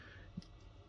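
A plastic arm is pushed into the shoulder socket of the plastic torso of a Mattel Masters of the Universe Turtles of Grayskull Splinter-Skull action figure. Over a low, steady background, a single sharp, somewhat harsh click at 0.4 s carries a short low thump with a brighter high edge. The arm snaps into place and is seated.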